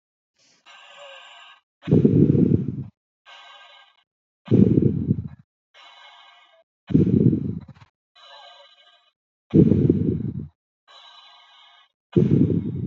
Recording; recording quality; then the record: deep breathing; excellent, no background noise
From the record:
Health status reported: healthy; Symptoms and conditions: none ticked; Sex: female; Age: 41 years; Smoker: not ticked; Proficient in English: yes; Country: India